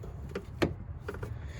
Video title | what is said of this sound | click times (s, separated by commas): Como cambiar los focos de faros Honda Pilot 2003-2008 | Y recuerden, siempre, si oyeron, cuando oigan el clic, esa es la señal que quedó bien en su sitio. | 0.6 s